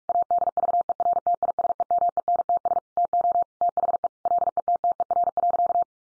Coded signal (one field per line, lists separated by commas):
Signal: Morse code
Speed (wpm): 44 wpm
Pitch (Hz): 700 Hz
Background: none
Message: ADVERTISEMENTS TO THE LETTER.